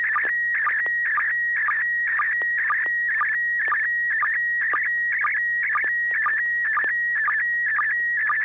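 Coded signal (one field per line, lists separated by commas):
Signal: SSTV (slow-scan television)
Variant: PD120 mode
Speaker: pd-120 so so so so so so so [Applause] scale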